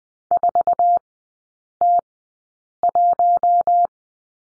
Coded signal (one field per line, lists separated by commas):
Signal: Morse code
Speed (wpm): 20 wpm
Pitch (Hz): 700 Hz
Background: none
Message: 4T1